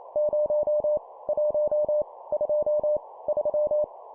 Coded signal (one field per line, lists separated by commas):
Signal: Morse code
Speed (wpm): 28 wpm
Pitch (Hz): 600 Hz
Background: none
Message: 0 1 2 3